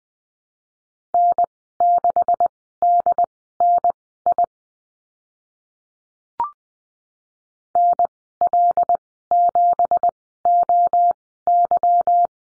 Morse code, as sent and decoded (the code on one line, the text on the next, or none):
-. -.... -.. -. .. / -. .-.. --... --- -.--
N6DNI NL7OY